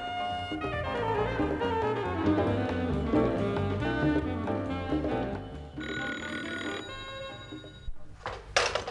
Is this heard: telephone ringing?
yes